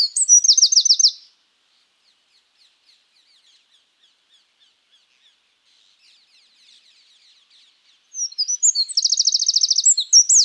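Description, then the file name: Eurasian wren song: a short burst of fast high trilling, a long quiet gap with faint ticks, then another loud rapid trill with sharp chattering notes. "Troglodytes troglodytes"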